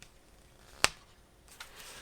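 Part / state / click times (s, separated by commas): threaded reel seat nut on a spinning rod handle / stripped / 0.8 s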